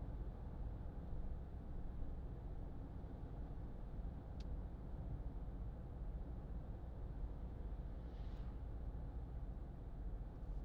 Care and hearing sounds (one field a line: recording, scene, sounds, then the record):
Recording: everyday scene through a hearing-aid microphone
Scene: in a vehicle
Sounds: engine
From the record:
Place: Berlingo II, diesel engine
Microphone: in the ear canal, left